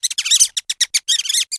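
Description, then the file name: Mouse squeaks, a rapid series of high, chirping squeals in short bursts, some run together, others single and clipped. "mouse chichi"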